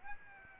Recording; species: mosquito wingbeat signal from an infrared sensor; Aedes aegypti